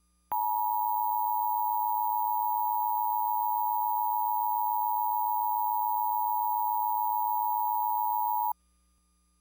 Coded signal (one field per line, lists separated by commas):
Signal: Emergency Alert System (SAME) tones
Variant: 853 and 960 Hz attention tone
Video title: EAS Scenario: Rouge.EXE - A Halloween Special